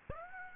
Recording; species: mosquito wingbeat signal from an infrared sensor; Aedes aegypti